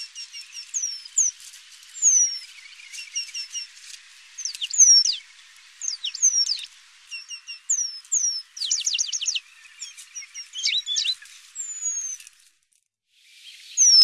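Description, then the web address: Eurasian penduline tit calling with thin, high, down-slurred whistles, many quick descending notes repeated throughout, some in tight clusters, with brief pauses. "Remiz penduline"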